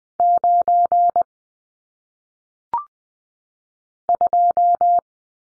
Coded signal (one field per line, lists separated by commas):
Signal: Morse code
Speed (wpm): 20 wpm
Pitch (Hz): 700 Hz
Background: none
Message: 9 2